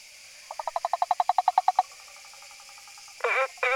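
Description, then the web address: Frog giving a quick run of many pulsed notes, followed by fainter pulses and two loud wavering harsh bursts near the end. Recorded 18 August 2013. "frog rec 20130818"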